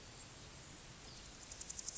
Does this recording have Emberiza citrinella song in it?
no